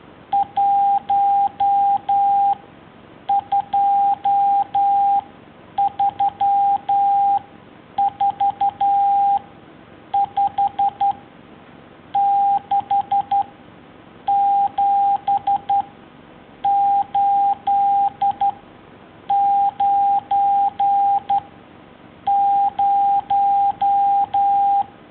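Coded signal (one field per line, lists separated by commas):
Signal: Morse code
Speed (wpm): 11 wpm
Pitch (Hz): 800 Hz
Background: none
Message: 1234567890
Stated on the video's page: Morse code lesson one: alphabet and numbers.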